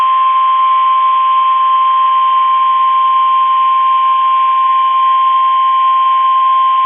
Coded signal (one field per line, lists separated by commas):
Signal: Emergency Alert System (SAME) tones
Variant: 1050 Hz attention tone